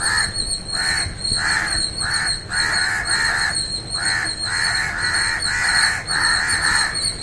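Bird giving harsh, nasal cawing calls, many in quick succession with brief gaps, over a steady background hiss.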